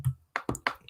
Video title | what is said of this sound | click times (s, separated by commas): Agora Models build the ROUTEMASTER pk1 stage 6 | you can hear it pop in actually so then when they've got this one | 0.4 s, 0.7 s